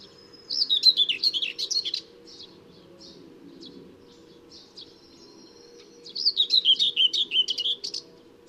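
Common whitethroat singing a jerky, scratchy warble, then after about four quiet seconds with a few faint notes, another similar phrase.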